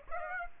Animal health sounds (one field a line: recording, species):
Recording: mosquito wingbeat signal from an infrared sensor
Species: Aedes aegypti